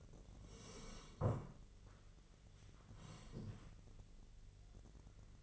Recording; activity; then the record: daily activity, microphone in the room; sit down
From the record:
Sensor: 4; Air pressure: 1013.2 hPa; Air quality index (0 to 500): 170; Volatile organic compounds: 2 ppm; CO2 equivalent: 1078 ppm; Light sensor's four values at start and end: 52/128/54/58 and 52/129/54/58